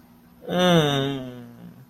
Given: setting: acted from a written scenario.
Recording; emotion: vocal sound without words; adoration